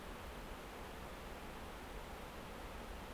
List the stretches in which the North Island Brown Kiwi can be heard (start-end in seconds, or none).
none